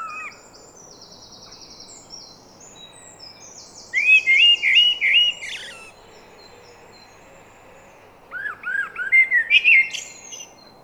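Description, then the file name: Common blackbird giving two bursts of rapid repeated arched notes a few seconds apart, with high buzzy trills before the first burst. "Turdus merula"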